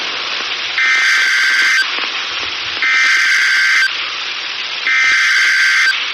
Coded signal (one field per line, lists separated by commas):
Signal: Emergency Alert System (SAME) tones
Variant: header bursts